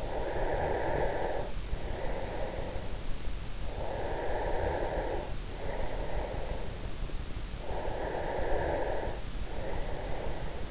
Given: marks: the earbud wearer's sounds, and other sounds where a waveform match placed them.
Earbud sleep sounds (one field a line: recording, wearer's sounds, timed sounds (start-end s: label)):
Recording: sounds in sleep by an in-ear microphone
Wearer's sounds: breath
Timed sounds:
0.00-3.51 s: breath
3.75-6.99 s: breath
7.75-10.71 s: breath